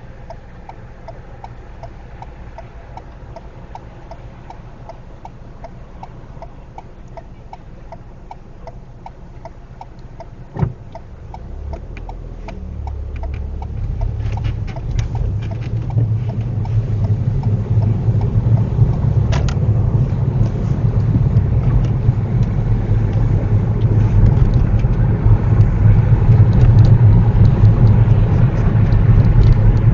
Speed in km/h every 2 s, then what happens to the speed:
0, 0, 0, 0, 0, 0, 5, 13, 18, 23, 26, 31, 32, 34, 34.
0-11 standing. 11-23 pulls away to 32. 23-30 steady at about 34.